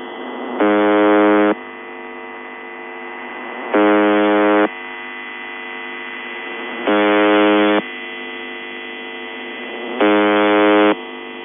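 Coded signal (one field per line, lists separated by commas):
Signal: channel marker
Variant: UVB-76 (The Buzzer)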